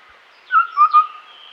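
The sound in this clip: Streak-breasted scimitar babbler giving one whistled call of three quick clear notes, the later ones slightly lower, with a faint higher note.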